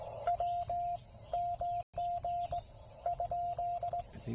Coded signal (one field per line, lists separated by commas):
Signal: Morse code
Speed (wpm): 18 wpm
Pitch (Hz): 700 Hz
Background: radio noise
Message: W MG ?